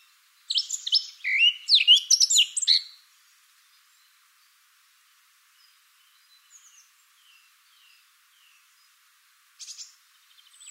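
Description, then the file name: Eurasian blackcap song: one loud two-and-a-half-second burst of fast, tumbling warbles, then near silence with a few faint notes and a brief louder note near the end. "Sylvia atricapilla"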